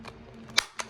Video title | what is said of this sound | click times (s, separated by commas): Holster review | there's your click now I have it really tight right now this is actually how it came but | 0.6 s